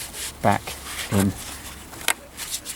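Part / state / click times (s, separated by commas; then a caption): small electrical connector into its socket on the air filter housing / seated / 2.1 s. On a 2008 UK Jeep Grand Cherokee 3.0 CRD, after a new air filter is fitted, a small electrical connector is plugged back into its socket on the air filter housing. Someone talks, and a single sharp click at 2.1 s shows the connector is seated.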